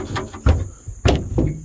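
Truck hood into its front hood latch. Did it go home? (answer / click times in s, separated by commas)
no / none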